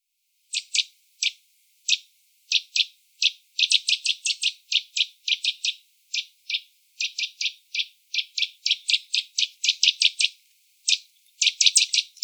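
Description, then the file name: Eurasian nuthatch calling with a long run of sharp, high piping notes, irregular in spacing, sometimes bunched into quick bursts, continuing throughout. "Sitta europaea"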